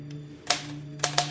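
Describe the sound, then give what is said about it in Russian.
A typewriter in a university dean's office clacks with a few sharp, irregular key strikes, one faint tap followed by three louder ones, over a steady low hum and no talking. “Можете не кашлять, мне надо закончить печать.”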